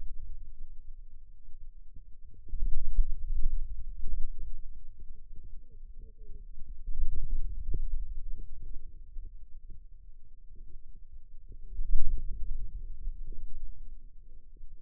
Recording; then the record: forearm muscle sounds (acoustic myography)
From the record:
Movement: wrist extension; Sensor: system 2, bracelet of six BSWA MPA416 microphones around the upper forearm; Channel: 1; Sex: female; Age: 21 years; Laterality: right